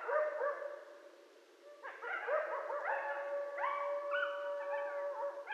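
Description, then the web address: Coyotes in a group chorus of overlapping yips, barks and wavering howls, one voice holding a steady tone beneath the quick yelps. Several coyotes, recorded 13 November 2012. "Coyote 2012 11 13 Coyotes"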